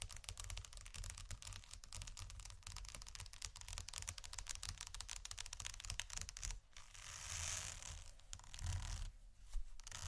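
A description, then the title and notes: Textured sheets are scratched and tapped in a dense, rapid, crackly stream with a low rumble underneath, easing briefly near seven seconds. ASMR Textured Sheets Tap & Scratch （No Talking）.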